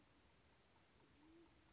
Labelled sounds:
Band-tailed Pigeon (Patagioenas fasciata)
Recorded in Sonoma County, California

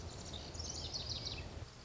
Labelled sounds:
Lazuli Bunting (Passerina amoena)
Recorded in Sonoma County, California

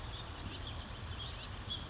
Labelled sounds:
House Finch (Haemorhous mexicanus)
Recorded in Sonoma County, California

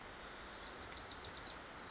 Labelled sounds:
Wilson's Warbler (Cardellina pusilla)
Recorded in Sonoma County, California

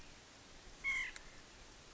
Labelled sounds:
White-breasted Nuthatch (Sitta carolinensis)
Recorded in Sonoma County, California

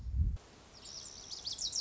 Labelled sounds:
Lazuli Bunting (Passerina amoena)
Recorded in Sonoma County, California

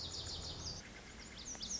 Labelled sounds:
Lazuli Bunting (Passerina amoena)
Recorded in Sonoma County, California

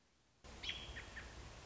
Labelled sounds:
American Robin (Turdus migratorius)
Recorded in Sonoma County, California

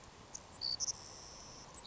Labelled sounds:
Savannah Sparrow (Passerculus sandwichensis)
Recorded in Sonoma County, California

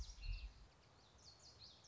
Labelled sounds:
Common Yellowthroat (Geothlypis trichas)
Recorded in Sonoma County, California

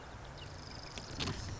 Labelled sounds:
Marsh Wren (Cistothorus palustris)
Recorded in Sonoma County, California

